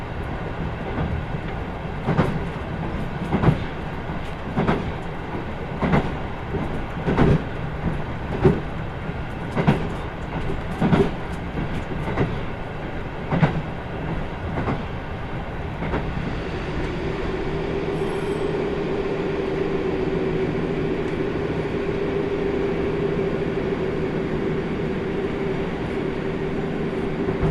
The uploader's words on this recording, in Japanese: 豊肥本線 九州横断特急3号 熊本→立野。列車はキハ185系の2両編成、しかもワンマン運転です。自由席と指定席が1両ずつ、自分は指定席のほうに座ります。